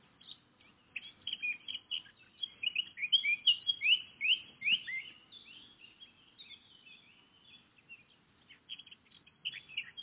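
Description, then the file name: Eurasian blackcap song, a long continuous run of rapid warbled and slurred whistled notes, loudest in the middle, fading then picking up again at the end. "Sylvia atricapilla"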